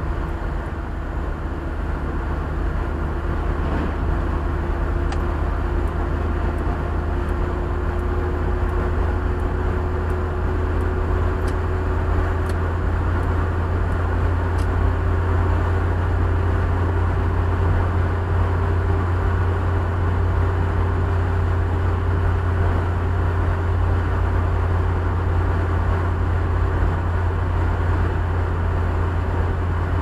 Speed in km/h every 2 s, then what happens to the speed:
75, 76, 78, 79, 80, 83, 84, 87, 89, 89, 88, 88, 87, 87, 86.
0-16 speeds up to 89. 16-30 steady at about 88.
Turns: none.